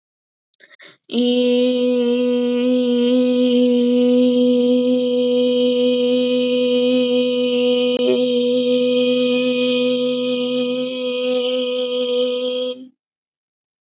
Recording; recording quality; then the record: sustained vowel as in made; excellent, no background noise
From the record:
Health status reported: healthy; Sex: female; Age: 20 years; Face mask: not worn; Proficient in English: yes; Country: India